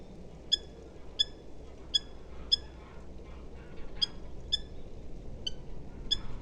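Eurasian hobby calling: sharp, ringing kew notes given in two short bursts, four evenly spaced notes, a pause, then four more, over low background rumble.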